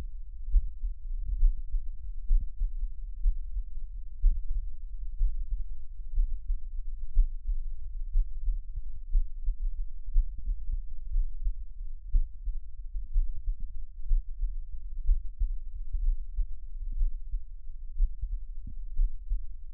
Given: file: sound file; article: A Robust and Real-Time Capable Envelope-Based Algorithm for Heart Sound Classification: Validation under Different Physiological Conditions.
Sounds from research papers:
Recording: heart sounds by electronic stethoscope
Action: rest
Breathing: normal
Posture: lying on left side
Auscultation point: Erb’s point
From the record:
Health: healthy, no known heart disease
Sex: male

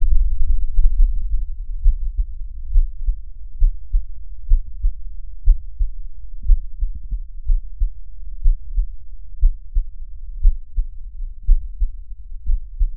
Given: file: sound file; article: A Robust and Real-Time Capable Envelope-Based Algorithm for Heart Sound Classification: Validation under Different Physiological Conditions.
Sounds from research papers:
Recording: heart sounds by electronic stethoscope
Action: rest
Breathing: normal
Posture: sitting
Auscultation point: sternum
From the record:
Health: healthy, no known heart disease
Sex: male

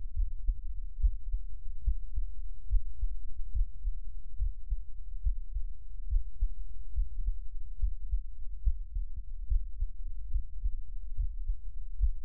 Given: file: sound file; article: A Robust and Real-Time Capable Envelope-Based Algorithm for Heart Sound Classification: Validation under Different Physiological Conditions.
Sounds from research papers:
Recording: heart sounds by electronic stethoscope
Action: rest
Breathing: normal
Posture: sitting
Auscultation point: Erb’s point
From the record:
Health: healthy, no known heart disease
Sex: male

